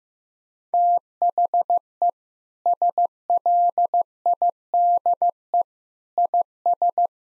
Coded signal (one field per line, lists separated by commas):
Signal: Morse code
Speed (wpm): 15 wpm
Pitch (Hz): 700 Hz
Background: none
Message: THE SLIDE IS